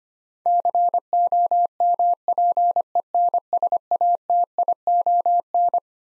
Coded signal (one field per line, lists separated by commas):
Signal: Morse code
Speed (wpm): 25 wpm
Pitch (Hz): 700 Hz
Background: none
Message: COMPENSATION